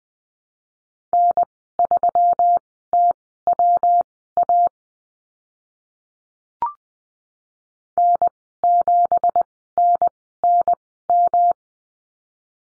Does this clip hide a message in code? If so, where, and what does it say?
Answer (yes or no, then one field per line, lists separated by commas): yes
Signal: Morse code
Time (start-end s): 1.1-11.5 s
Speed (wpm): 20 wpm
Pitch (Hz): 700 Hz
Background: none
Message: N3TWA N7NNM